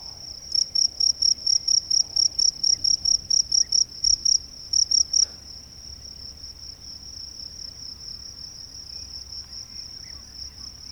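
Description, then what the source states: Cricket chirping in sharp, high pulses about four per second for five seconds, then a fainter, steady high trill continues over a low background rumble. Recorded in a marsh during the day, 26 April 2006, in mono.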